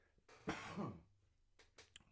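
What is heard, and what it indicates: One harsh, throaty cough, close to a throat clear, from an adult man whose voice is strained after weeks of singing and shouting at concerts, followed by faint breath noises.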